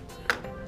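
A plastic end cover is pushed onto the foot of a roof crossbar on a 2018 WRX. A single short, bright click sounds at 0.3 s against a low, steady background. The cover snaps on and is seated.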